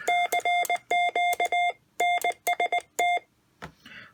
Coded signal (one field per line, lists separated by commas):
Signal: Morse code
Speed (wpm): 19 wpm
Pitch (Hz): 700 Hz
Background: none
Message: CQ NST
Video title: Part2 uCPO Paddle Key